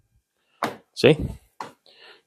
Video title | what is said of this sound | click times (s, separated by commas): Heated Gutter Panels for Snow & Ice Removal from H&G Lifestyles Easy Installation | And this will snap right in there, just like the other one. | 0.6 s